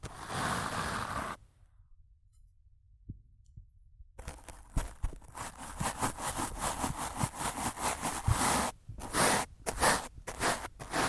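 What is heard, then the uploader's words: Rough scratching and brushing on a microphone: a dense, raspy burst opens the clip, then cuts to near silence with a few faint low thumps from about 1.5 to 4 seconds. After that, quick uneven scrapes and strokes return, choppy and bright, with several abrupt pauses near the end. ASMR Rough Mic Scratching & Brushing (No Talking).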